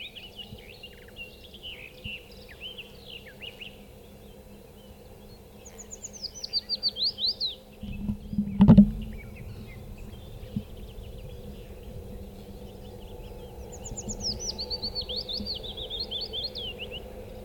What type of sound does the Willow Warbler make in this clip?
song